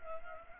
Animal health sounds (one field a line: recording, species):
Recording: mosquito wingbeat signal from an infrared sensor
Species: Culex pipiens